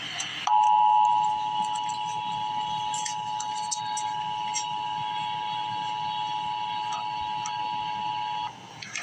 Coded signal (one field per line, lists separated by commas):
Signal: Emergency Alert System (SAME) tones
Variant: 853 and 960 Hz attention tone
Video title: Emergency Alert System - Winter Storm Warning - Jan 23, 2026 at 1:12 AM EST